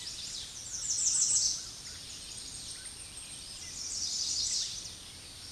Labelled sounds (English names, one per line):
American Redstart song